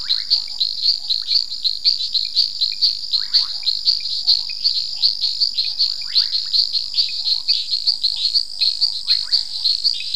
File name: Hyperolius nasutus